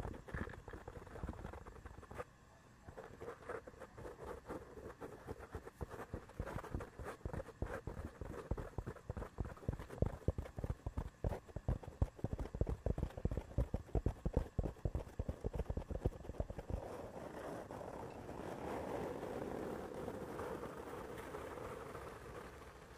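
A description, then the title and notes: A scratcher is dragged and tapped across the microphone, making dense, rapid clicking and scraping strokes that run fairly evenly for most of the clip, with a short lull near two seconds. After about seventeen seconds the clicks give way to a softer, steady rubbing hiss. ASMR brain scratch // mic touching // head and back scratcher.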